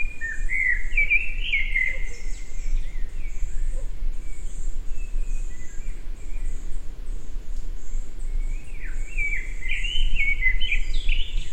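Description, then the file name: Eurasian blackbird singing two flowing whistled phrases, one at the start and one near the end, over a steady high-pitched insect drone. "Turdus merula"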